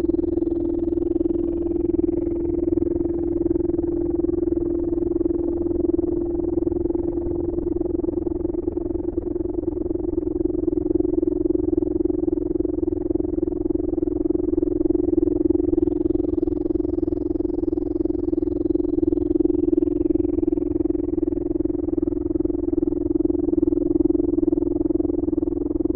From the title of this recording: Binaural Isochronic